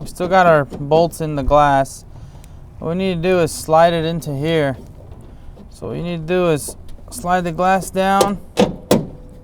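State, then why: Seated. While someone talks, the door window glass of a 1998–2002 Honda Accord, with its bolts still attached, is slid down so a bolt goes through the larger hole in the window regulator bracket. A smaller knock at 8.6 s is followed by one sharp hit at 8.9 s as the glass pops into place and is seated.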